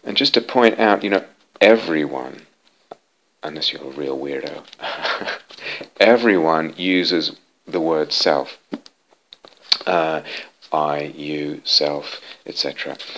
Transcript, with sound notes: Just to point out, everyone -- unless you're a real weirdo -- [laughs] everyone uses the word self: I, you, self, etc.